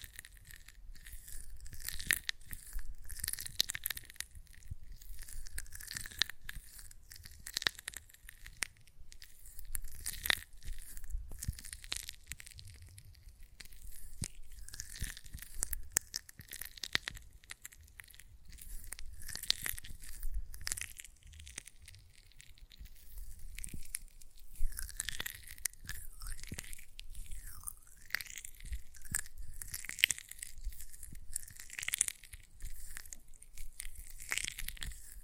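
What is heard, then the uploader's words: Hands work gel lotion in a continuous run of wet, sticky squelches and smacks that runs the full 35 seconds. The sound is bright and crackly, dense with quick irregular pops and slides, with slightly louder bursts around 10, 25 and 30 seconds. ASMR Gel Lotion Hand Sounds (No Talking).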